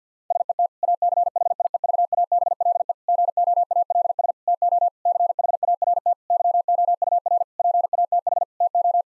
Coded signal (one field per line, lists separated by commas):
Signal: Morse code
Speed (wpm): 50 wpm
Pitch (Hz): 700 Hz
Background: none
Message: SET ACHIEVABLE GOALS TO CHART YOUR PATH TO